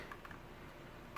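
A section of a Lego brick Vector K10 gun is being pushed back onto the gun's main body during reassembly after a field strip. Faint, light plastic ticks and handling noises are heard over a steady low background. Nothing has seated or clicked into place yet.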